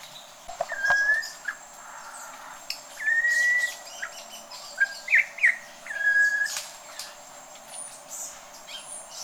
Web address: sound Campo-Troupial. صدای-پرنده-پری-نارنجی-کامپو